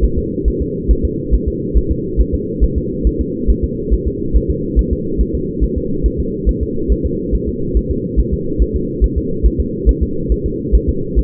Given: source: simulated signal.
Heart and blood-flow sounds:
fetal heart sounds
0.04 s: S1
0.18 s: S2
0.48 s: S1
0.62 s: S2
0.91 s: S1
1.05 s: S2
1.34 s: S1
1.48 s: S2
1.77 s: S1
1.91 s: S2
2.20 s: S1
2.34 s: S2
2.64 s: S1
2.78 s: S2
3.07 s: S1
3.21 s: S2
3.50 s: S1
3.64 s: S2
3.94 s: S1
4.07 s: S2
4.36 s: S1
4.50 s: S2
4.79 s: S1
4.93 s: S2
5.21 s: S1
5.35 s: S2
5.64 s: S1
5.78 s: S2
6.06 s: S1
6.20 s: S2
6.49 s: S1
6.63 s: S2
6.92 s: S1
7.06 s: S2
7.35 s: S1
7.49 s: S2
7.77 s: S1
7.91 s: S2
8.20 s: S1
8.34 s: S2
8.62 s: S1
8.76 s: S2
9.04 s: S1
9.18 s: S2
9.46 s: S1
9.60 s: S2
9.89 s: S1
10.03 s: S2
10.32 s: S1
10.46 s: S2
10.75 s: S1
10.89 s: S2
11.19 s: S1
From the record:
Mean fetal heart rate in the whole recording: 140 bpm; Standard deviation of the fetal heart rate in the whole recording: 2 bpm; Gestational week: 34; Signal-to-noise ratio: -6.6 dB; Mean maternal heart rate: 72 bpm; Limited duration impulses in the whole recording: present

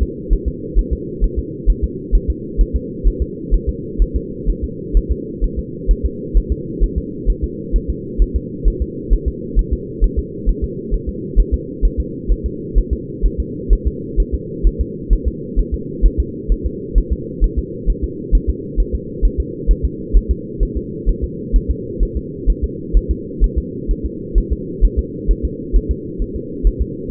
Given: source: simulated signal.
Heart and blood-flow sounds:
fetal heart sounds
0.03 s: S2
0.33 s: S1
0.48 s: S2
0.79 s: S1
0.93 s: S2
1.24 s: S1
1.39 s: S2
1.70 s: S1
1.84 s: S2
2.15 s: S1
2.30 s: S2
2.61 s: S1
2.76 s: S2
3.08 s: S1
3.22 s: S2
3.54 s: S1
3.69 s: S2
4.02 s: S1
4.16 s: S2
4.50 s: S1
4.64 s: S2
4.97 s: S1
5.12 s: S2
5.44 s: S1
5.59 s: S2
5.91 s: S1
6.06 s: S2
6.37 s: S1
6.52 s: S2
6.84 s: S1
6.98 s: S2
7.30 s: S1
7.44 s: S2
7.76 s: S1
7.90 s: S2
8.22 s: S1
8.36 s: S2
8.68 s: S1
8.82 s: S2
9.13 s: S1
9.28 s: S2
9.59 s: S1
9.73 s: S2
10.04 s: S1
10.19 s: S2
10.49 s: S1
10.64 s: S2
10.94 s: S1
11.09 s: S2
11.40 s: S1
11.54 s: S2
11.85 s: S1
12.00 s: S2
12.31 s: S1
12.46 s: S2
12.78 s: S1
12.93 s: S2
13.26 s: S1
13.40 s: S2
13.73 s: S1
13.87 s: S2
14.20 s: S1
14.34 s: S2
14.67 s: S1
14.81 s: S2
15.13 s: S1
15.28 s: S2
15.59 s: S1
15.74 s: S2
16.06 s: S1
16.20 s: S2
16.52 s: S1
16.66 s: S2
16.98 s: S1
17.12 s: S2
17.44 s: S1
17.59 s: S2
17.90 s: S1
18.04 s: S2
18.35 s: S1
18.50 s: S2
18.80 s: S1
18.95 s: S2
19.25 s: S1
19.40 s: S2
19.71 s: S1
19.85 s: S2
20.17 s: S1
20.31 s: S2
20.63 s: S1
20.77 s: S2
21.09 s: S1
21.24 s: S2
21.56 s: S1
21.71 s: S2
22.03 s: S1
22.17 s: S2
22.50 s: S1
22.64 s: S2
22.97 s: S1
23.11 s: S2
23.44 s: S1
23.58 s: S2
23.91 s: S1
24.06 s: S2
24.38 s: S1
24.53 s: S2
24.85 s: S1
24.99 s: S2
25.31 s: S1
25.45 s: S2
25.76 s: S1
25.91 s: S2
26.22 s: S1
26.36 s: S2
26.67 s: S1
26.81 s: S2
From the record:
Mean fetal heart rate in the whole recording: 130 bpm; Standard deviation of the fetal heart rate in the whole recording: 2 bpm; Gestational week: 36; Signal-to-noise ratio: -4.1 dB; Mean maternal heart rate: no maternal heart sound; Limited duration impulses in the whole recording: absent

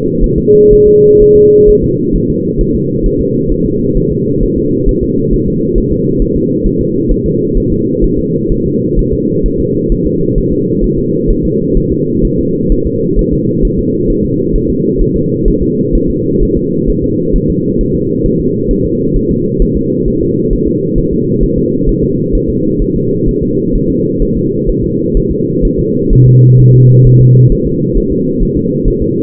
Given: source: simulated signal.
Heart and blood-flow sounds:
fetal heart sounds
0.24 s: S1
0.38 s: S2
0.73 s: S1
0.88 s: S2
1.22 s: S1
1.36 s: S2
1.69 s: S1
1.84 s: S2
2.16 s: S1
2.30 s: S2
2.61 s: S1
2.75 s: S2
3.06 s: S1
3.21 s: S2
3.52 s: S1
3.66 s: S2
3.97 s: S1
4.12 s: S2
4.43 s: S1
4.58 s: S2
4.89 s: S1
5.03 s: S2
5.34 s: S1
5.48 s: S2
5.78 s: S1
5.92 s: S2
6.22 s: S1
6.36 s: S2
6.66 s: S1
6.81 s: S2
7.11 s: S1
7.26 s: S2
7.57 s: S1
7.72 s: S2
8.04 s: S1
8.19 s: S2
8.52 s: S1
8.66 s: S2
8.99 s: S1
9.13 s: S2
9.46 s: S1
9.60 s: S2
9.92 s: S1
10.06 s: S2
10.38 s: S1
10.52 s: S2
10.84 s: S1
10.98 s: S2
11.30 s: S1
11.45 s: S2
11.77 s: S1
11.92 s: S2
12.25 s: S1
12.39 s: S2
12.72 s: S1
12.86 s: S2
13.19 s: S1
13.33 s: S2
13.65 s: S1
13.79 s: S2
14.10 s: S1
14.25 s: S2
14.56 s: S1
14.70 s: S2
15.01 s: S1
15.16 s: S2
15.48 s: S1
15.62 s: S2
15.95 s: S1
16.10 s: S2
16.43 s: S1
16.57 s: S2
16.90 s: S1
17.04 s: S2
17.36 s: S1
17.50 s: S2
17.81 s: S1
17.95 s: S2
18.26 s: S1
18.40 s: S2
18.71 s: S1
18.86 s: S2
19.17 s: S1
19.31 s: S2
19.62 s: S1
19.77 s: S2
20.08 s: S1
20.22 s: S2
20.53 s: S1
20.68 s: S2
20.98 s: S1
21.13 s: S2
21.43 s: S1
21.58 s: S2
21.89 s: S1
22.03 s: S2
22.35 s: S1
22.50 s: S2
22.82 s: S1
22.96 s: S2
23.29 s: S1
23.43 s: S2
23.75 s: S1
23.90 s: S2
24.22 s: S1
24.37 s: S2
24.69 s: S1
24.84 s: S2
25.17 s: S1
25.31 s: S2
25.65 s: S1
25.79 s: S2
26.13 s: S1
26.27 s: S2
26.60 s: S1
26.75 s: S2
27.07 s: S1
27.21 s: S2
27.52 s: S1
27.67 s: S2
27.97 s: S1
28.12 s: S2
28.43 s: S1
28.57 s: S2
28.88 s: S1
29.02 s: S2
From the record:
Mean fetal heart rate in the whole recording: 130 bpm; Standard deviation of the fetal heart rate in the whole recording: 4 bpm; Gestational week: 38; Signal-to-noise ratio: -11.2 dB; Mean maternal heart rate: 72 bpm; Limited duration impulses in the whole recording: present

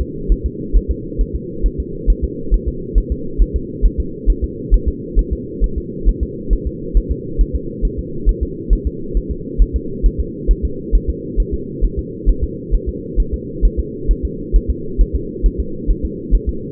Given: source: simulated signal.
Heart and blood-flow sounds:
fetal heart sounds
0.01 s: S2
0.32 s: S1
0.46 s: S2
0.77 s: S1
0.91 s: S2
1.21 s: S1
1.35 s: S2
1.66 s: S1
1.80 s: S2
2.10 s: S1
2.24 s: S2
2.54 s: S1
2.68 s: S2
2.98 s: S1
3.12 s: S2
3.42 s: S1
3.56 s: S2
3.86 s: S1
4.00 s: S2
4.30 s: S1
4.44 s: S2
4.74 s: S1
4.88 s: S2
5.19 s: S1
5.33 s: S2
5.64 s: S1
5.78 s: S2
6.09 s: S1
6.23 s: S2
6.53 s: S1
6.67 s: S2
6.97 s: S1
7.11 s: S2
7.41 s: S1
7.55 s: S2
7.85 s: S1
7.99 s: S2
8.29 s: S1
8.43 s: S2
8.73 s: S1
8.87 s: S2
9.17 s: S1
9.31 s: S2
9.62 s: S1
9.76 s: S2
10.06 s: S1
10.20 s: S2
10.51 s: S1
10.65 s: S2
10.95 s: S1
11.09 s: S2
11.40 s: S1
11.54 s: S2
11.85 s: S1
11.99 s: S2
12.29 s: S1
12.44 s: S2
12.75 s: S1
12.89 s: S2
13.20 s: S1
13.34 s: S2
13.65 s: S1
13.80 s: S2
14.11 s: S1
14.25 s: S2
14.56 s: S1
14.70 s: S2
15.01 s: S1
15.15 s: S2
15.46 s: S1
15.60 s: S2
15.91 s: S1
16.05 s: S2
16.35 s: S1
16.49 s: S2
From the record:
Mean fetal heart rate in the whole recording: 135 bpm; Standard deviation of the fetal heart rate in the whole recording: 3 bpm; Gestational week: 36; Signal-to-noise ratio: -4.3 dB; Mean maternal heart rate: 72 bpm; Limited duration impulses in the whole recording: absent

